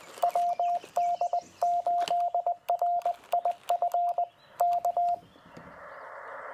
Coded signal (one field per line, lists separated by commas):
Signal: Morse code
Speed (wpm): 20 wpm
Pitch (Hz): 700 Hz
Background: radio noise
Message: WD8RIF K